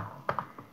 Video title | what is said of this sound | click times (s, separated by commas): Rapid Prep Intro and Demo | and it clicks in place I need to kind of be able to see what I'm doing there it just | 0.3 s, 0.4 s